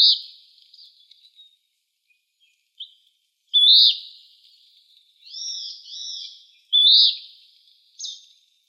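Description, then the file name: Western wood-pewee giving harsh slurred calls mixed with a pair of quicker rising-and-falling notes and short chips, several calls in a few seconds. Recorded in Arizona. "WEWP 5 A deviche"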